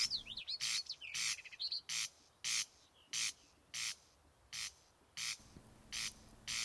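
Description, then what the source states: Corncrake rasping: dry, harsh, scraping bursts repeated steadily about every two-thirds of a second, with brief whistled phrases of another bird early on. Bird that appeared overnight on an outer-sea island in spring, rasping now and then in a potato field; 3 June 2012.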